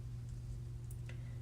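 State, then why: Not seated. Fingers fumble to fit a small plastic part of an HG Zaku II model kit into its mating piece. Over a steady low hum, there are only faint handling taps near 0.9 and 1.1 seconds. The part has not clicked into place.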